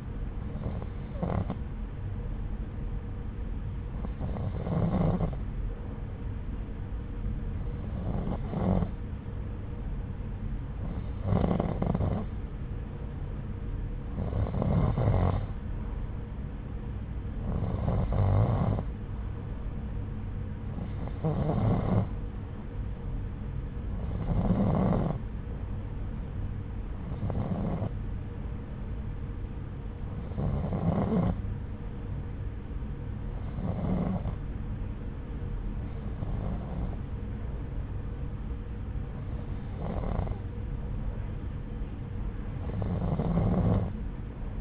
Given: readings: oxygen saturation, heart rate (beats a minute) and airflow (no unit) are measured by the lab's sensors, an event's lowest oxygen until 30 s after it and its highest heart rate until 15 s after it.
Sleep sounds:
breathing in sleep by a smartphone at the bedside; none
none scored
From the record:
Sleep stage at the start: N2 (light sleep); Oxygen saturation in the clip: 90 to 91%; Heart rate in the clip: 69 to 79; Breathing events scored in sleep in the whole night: 303 in 8.1 hours asleep

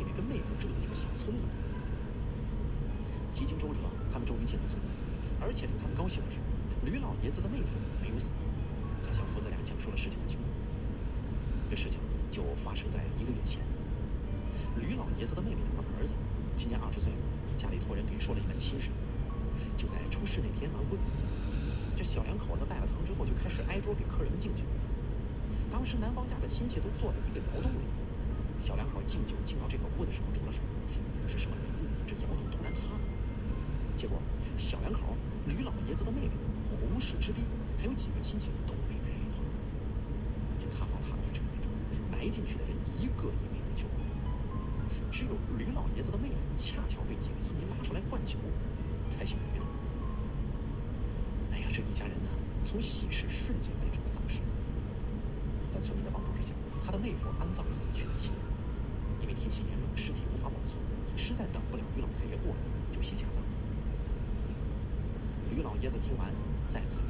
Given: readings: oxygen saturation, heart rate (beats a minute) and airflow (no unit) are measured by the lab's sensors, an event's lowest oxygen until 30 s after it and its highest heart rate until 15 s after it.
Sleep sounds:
breathing in sleep by a smartphone at the bedside; 1
3.00-21.60 s: hypopnea (N1, oxygen 96% highest, then 92% lowest)
From the record:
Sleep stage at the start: N1 (lightest sleep); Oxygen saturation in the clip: 92 to 96%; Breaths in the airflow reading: 20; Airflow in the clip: -1.9 to 3.3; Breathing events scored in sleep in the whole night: 335 in 6.7 hours asleep

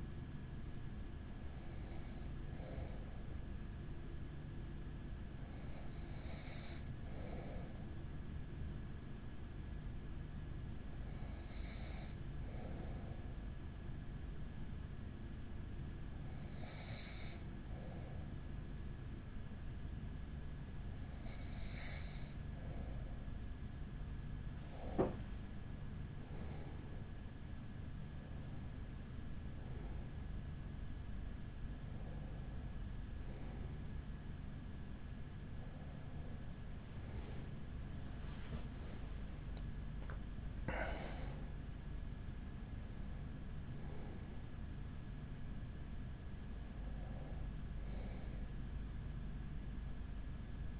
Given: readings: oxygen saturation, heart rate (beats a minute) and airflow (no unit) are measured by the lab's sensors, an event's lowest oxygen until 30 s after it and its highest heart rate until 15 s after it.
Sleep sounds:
breathing in sleep by a smartphone at the bedside; 1
5.00-24.10 s: hypopnea (N1, oxygen 95% highest, then 94% lowest, heart rate 42 at the start, 48 highest)
From the record:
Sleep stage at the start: N1 (lightest sleep); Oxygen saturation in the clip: 94 to 95%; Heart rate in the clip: 41 to 57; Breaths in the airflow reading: 12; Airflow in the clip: -6.9 to 6.4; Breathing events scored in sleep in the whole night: 207 in 7.6 hours asleep

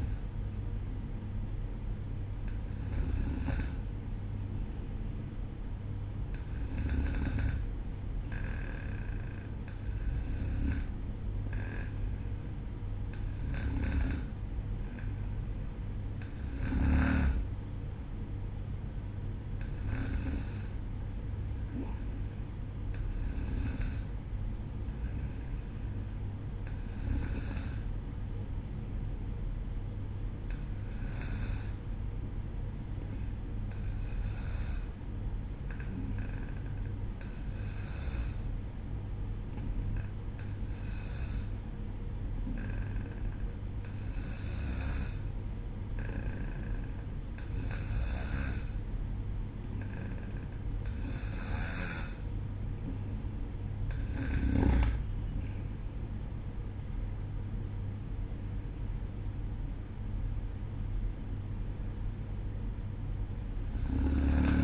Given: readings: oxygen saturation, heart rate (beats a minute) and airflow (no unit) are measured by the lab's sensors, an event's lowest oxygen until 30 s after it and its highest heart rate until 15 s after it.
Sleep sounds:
breathing in sleep by a smartphone at the bedside; 1
34.00-54.90 s: hypopnea (N1, oxygen 94% highest, then 92% lowest, heart rate 61 at the start, 64 highest)
37.00-64.64 s: new sleep stage, N2 (light sleep)
From the record:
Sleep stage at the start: N1 (lightest sleep); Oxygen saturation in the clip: 92 to 94%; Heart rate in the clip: 59 to 64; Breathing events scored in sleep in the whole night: 305 in 9.6 hours asleep

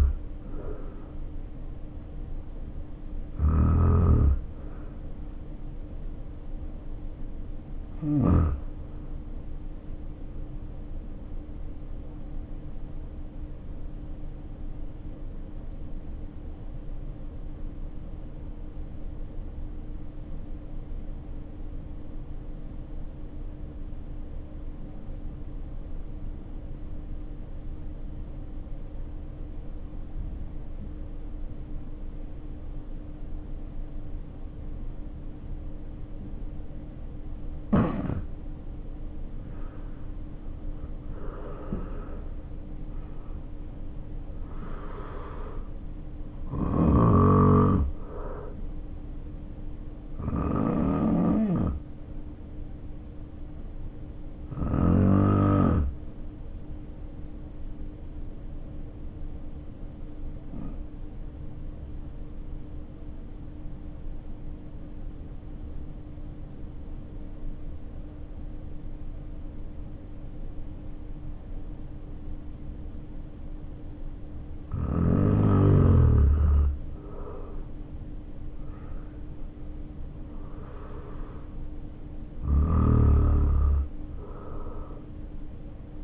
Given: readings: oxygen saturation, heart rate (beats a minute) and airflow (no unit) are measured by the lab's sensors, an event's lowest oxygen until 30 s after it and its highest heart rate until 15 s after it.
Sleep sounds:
breathing in sleep by a smartphone at the bedside; 2
8.00-41.20 s: hypopnea (N1, oxygen 95% highest, then 75% lowest, heart rate 53 at the start, 74 highest)
18.00-86.04 s: new sleep stage, N2 (light sleep)
52.00-76.90 s: hypopnea (N2, oxygen 94% highest, then 80% lowest, heart rate 54 at the start, 72 highest)
From the record:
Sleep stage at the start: N1 (lightest sleep); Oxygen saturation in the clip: 74 to 95%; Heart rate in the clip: 53 to 74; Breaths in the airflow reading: 12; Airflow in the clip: -5.7 to 7.2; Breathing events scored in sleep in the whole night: 520 in 7.2 hours asleep

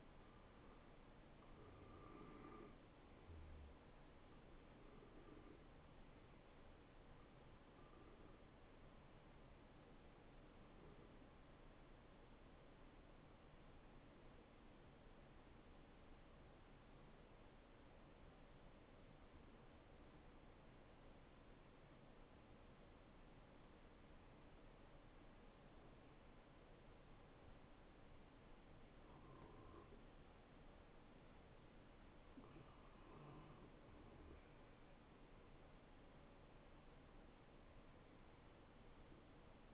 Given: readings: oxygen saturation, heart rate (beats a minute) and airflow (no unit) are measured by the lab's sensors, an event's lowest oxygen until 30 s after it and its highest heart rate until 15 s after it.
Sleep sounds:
breathing in sleep by a voice recorder at the bedside; 1
13.00-34.60 s: hypopnea (N1, oxygen 94% highest, then 89% lowest, heart rate 69 at the start, 69 highest)
From the record:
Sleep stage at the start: N1 (lightest sleep); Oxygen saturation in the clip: 89 to 95%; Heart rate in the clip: 54 to 71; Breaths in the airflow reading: 6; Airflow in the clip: -9.6 to 7.7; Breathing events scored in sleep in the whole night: 263 in 5.5 hours asleep

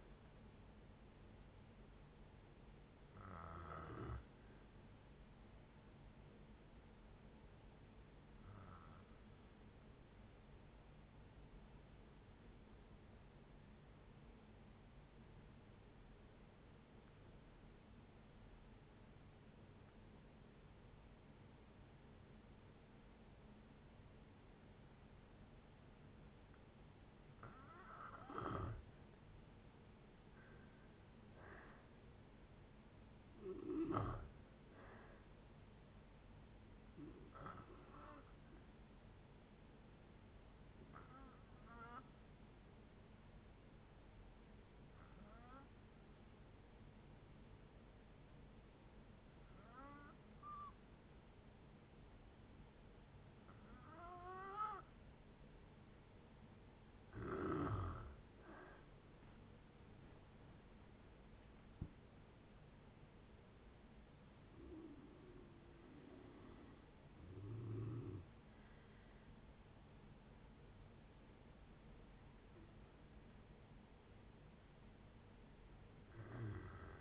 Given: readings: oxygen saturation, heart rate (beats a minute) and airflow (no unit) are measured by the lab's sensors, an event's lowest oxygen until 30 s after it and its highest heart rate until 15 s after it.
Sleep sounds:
breathing in sleep by a voice recorder at the bedside; 2
6.00-29.90 s: obstructive apnea (N2, oxygen 97% highest, then 83% lowest, heart rate 62 at the start, 71 highest)
30.00-60.00 s: new sleep stage, N1 (lightest sleep)
40.00-58.50 s: hypopnea (N1, oxygen 95% highest, then 87% lowest, heart rate 69 at the start, 80 highest)
60.00-77.01 s: new sleep stage, N2 (light sleep)
From the record:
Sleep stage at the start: N2 (light sleep); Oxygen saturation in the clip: 77 to 97%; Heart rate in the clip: 57 to 80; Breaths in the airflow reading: 11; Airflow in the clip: -11.7 to 13.5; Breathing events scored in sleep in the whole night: 496 in 5.4 hours asleep

